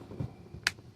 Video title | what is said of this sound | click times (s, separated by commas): Lister Legend Rebuild | and clicks into place. | 0.7 s